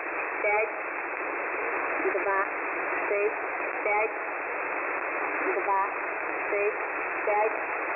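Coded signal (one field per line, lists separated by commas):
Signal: numbers station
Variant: S06s, Russian female voice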